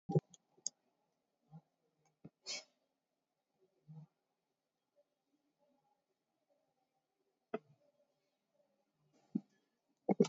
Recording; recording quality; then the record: deep breathing; poor, much background noise or distortion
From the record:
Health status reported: COVID-19 positive, mild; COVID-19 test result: positive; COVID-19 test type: RT-PCR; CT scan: taken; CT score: 13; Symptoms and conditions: cough, sore throat, fatigue, loss of smell and taste, diabetes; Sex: male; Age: 51 years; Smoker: no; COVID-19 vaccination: none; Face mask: worn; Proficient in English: yes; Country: India